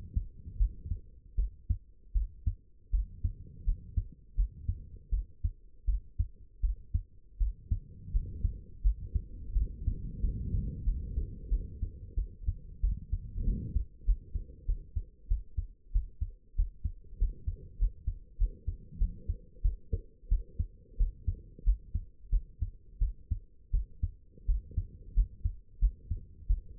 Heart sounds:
heart sounds by stethoscope; 88 bpm
0.58 s: heartbeat
1.36 s: heartbeat
2.13 s: heartbeat
2.91 s: heartbeat
3.65 s: heartbeat
4.36 s: heartbeat
5.10 s: heartbeat
5.86 s: heartbeat
6.61 s: heartbeat
7.39 s: heartbeat
8.12 s: heartbeat
8.82 s: heartbeat
9.53 s: heartbeat
10.21 s: heartbeat
10.84 s: heartbeat
11.49 s: heartbeat
12.16 s: heartbeat
12.81 s: heartbeat
13.45 s: heartbeat
14.05 s: heartbeat
14.66 s: heartbeat
15.28 s: heartbeat
15.93 s: heartbeat
16.56 s: heartbeat
17.19 s: heartbeat
17.78 s: heartbeat
18.38 s: heartbeat
18.98 s: heartbeat
19.62 s: heartbeat
20.29 s: heartbeat
20.97 s: heartbeat
21.64 s: heartbeat
22.30 s: heartbeat
22.99 s: heartbeat
23.72 s: heartbeat
24.46 s: heartbeat
25.14 s: heartbeat
25.80 s: heartbeat
26.48 s: heartbeat
From the record:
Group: healthy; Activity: rest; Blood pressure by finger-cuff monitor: 85/52 mmHg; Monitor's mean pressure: 66 mmHg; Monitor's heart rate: 87 bpm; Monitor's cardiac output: 7.9 L/min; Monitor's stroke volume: 93 mL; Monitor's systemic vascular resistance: 590 dyn s/cm5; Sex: female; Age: 22 years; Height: 161 cm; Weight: 65.5 kg

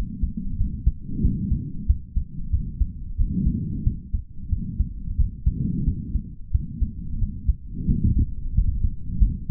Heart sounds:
heart sounds by stethoscope; 90 bpm
0.57 s: heartbeat
1.21 s: heartbeat
1.86 s: heartbeat
2.51 s: heartbeat
3.16 s: heartbeat
3.83 s: heartbeat
4.49 s: heartbeat
5.16 s: heartbeat
5.84 s: heartbeat
6.51 s: heartbeat
7.18 s: heartbeat
7.85 s: heartbeat
8.53 s: heartbeat
9.19 s: heartbeat
From the record:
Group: healthy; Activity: rest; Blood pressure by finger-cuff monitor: 144/68 mmHg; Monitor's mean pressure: 89 mmHg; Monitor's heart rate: 91 bpm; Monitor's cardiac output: 5.7 L/min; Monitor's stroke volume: 63 mL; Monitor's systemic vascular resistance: 1130 dyn s/cm5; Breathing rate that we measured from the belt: 27 breaths a minute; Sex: male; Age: 55 years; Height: 167 cm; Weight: 57.2 kg

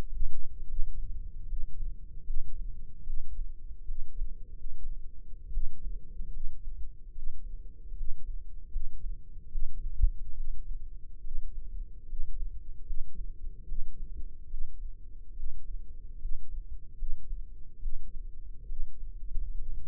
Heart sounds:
heart sounds by microphone in the left ear; 73 bpm
0.64 s: heartbeat
1.44 s: heartbeat
2.23 s: heartbeat
3.02 s: heartbeat
3.84 s: heartbeat
4.52 s: heartbeat
5.49 s: heartbeat
6.29 s: heartbeat
7.11 s: heartbeat
7.93 s: heartbeat
8.68 s: heartbeat
9.48 s: heartbeat
10.33 s: heartbeat
11.20 s: heartbeat
12.05 s: heartbeat
12.83 s: heartbeat
13.64 s: heartbeat
14.47 s: heartbeat
15.32 s: heartbeat
16.17 s: heartbeat
16.95 s: heartbeat
17.78 s: heartbeat
18.65 s: heartbeat
19.54 s: heartbeat
From the record:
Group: healthy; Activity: rest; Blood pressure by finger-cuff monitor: 138/85 mmHg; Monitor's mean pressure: 100 mmHg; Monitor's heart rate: 73 bpm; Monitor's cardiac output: 6.1 L/min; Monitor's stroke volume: 84 mL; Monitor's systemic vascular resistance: 1210 dyn s/cm5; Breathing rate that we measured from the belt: 16 breaths a minute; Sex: female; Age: 22 years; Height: 171 cm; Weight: 65.6 kg

